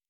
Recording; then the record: hydrophone in a shrimp aquaculture tank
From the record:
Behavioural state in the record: normal